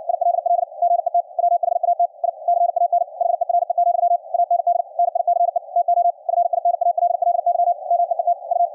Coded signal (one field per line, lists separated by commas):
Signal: Morse code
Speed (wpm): 62 wpm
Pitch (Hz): 700 Hz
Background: radio noise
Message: ILL GET WHAT I CAN HERE, AND NICE TO FINALLY MEET U